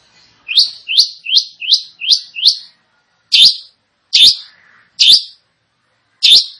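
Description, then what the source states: Long-tailed shrike song: six quick rising slurred notes in a row, then four loud harsh notes spaced widely apart. Described as gacor, singing actively and profusely.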